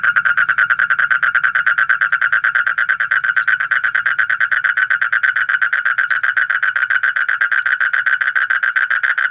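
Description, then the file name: Asian common toad's long buzzy trill of closely packed pulses, steady in pitch, with a faint low rumble at the start. "suara kodok bangkong kolong kodok buduk"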